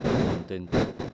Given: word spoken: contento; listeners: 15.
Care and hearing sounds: one Spanish word in noise, from a listening test; noise modulated by one talker; -9.5 dB; 2 of 15; 6 of 15; 0.74 s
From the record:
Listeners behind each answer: 6, 2, 2, 2, 2, 1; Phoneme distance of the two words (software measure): 17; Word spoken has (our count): 3 syllables, 8 phonemes, stress on syllable 2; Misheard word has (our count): 3 syllables, 7 phonemes, stress on syllable 2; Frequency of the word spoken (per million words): 17.65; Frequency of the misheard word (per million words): 62.16

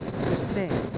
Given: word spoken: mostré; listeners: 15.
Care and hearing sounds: one Spanish word in noise, from a listening test; noise modulated by three-talker babble; -4.9 dB; 1 of 15; 7 of 15; 0.58 s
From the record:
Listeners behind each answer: 7, 2, 1, 1, 1, 1, 1, 1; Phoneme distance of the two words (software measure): 31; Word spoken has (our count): 2 syllables, 6 phonemes, stress on syllable 2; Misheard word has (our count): 2 syllables, 5 phonemes, stress on syllable 2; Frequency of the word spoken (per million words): 1.11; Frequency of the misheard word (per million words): 328.22

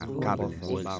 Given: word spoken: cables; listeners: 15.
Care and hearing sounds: one Spanish word in noise, from a listening test; four-talker babble; -1.6 dB; 0 of 15; 10 of 15; 0.60 s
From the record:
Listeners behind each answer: 10, 1, 1, 1, 1, 1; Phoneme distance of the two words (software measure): 24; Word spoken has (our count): 2 syllables, 6 phonemes, stress on syllable 1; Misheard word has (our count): 2 syllables, 4 phonemes, stress on syllable 1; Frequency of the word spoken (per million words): 8.20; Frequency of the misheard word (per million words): 164.69

